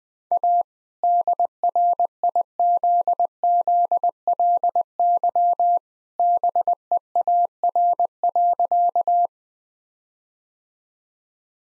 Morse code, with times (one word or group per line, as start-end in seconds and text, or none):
0.3-0.6 A
1.0-5.8 DRIZZLY
6.2-9.3 BEAR.